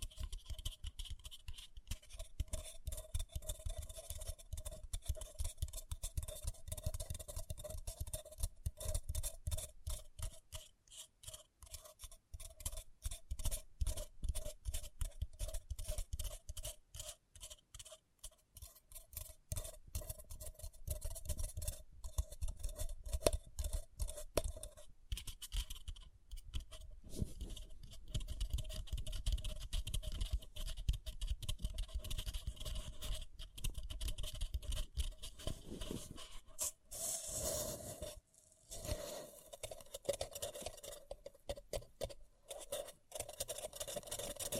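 Close, rapid scratching and tapping on a paper cup runs almost without pause, a dense crackly texture with a faint ringing note beneath it. The sound eases and thins briefly around the twenty-second mark, then returns just as busy, with a few sharper scrapes near the end.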